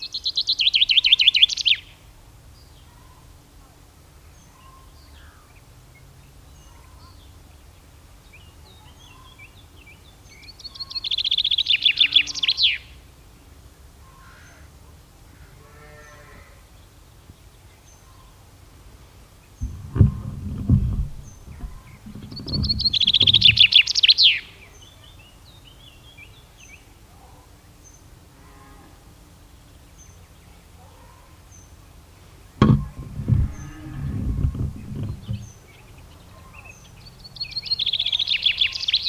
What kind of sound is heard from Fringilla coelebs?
song